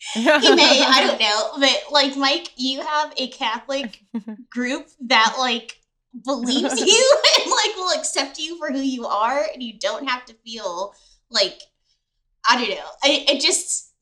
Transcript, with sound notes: he may, I don’t know, but Mike you have a Catholic group that believes you [chuckle] and will accept you for who you are, and you don’t have to feel like… I don’t know, it just…